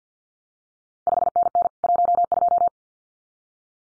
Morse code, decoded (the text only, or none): 5NN 12